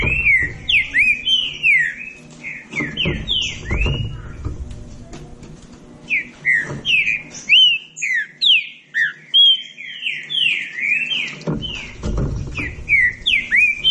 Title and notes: Canto Clássico Trinca Ferro TREINAMENTO. trinca fero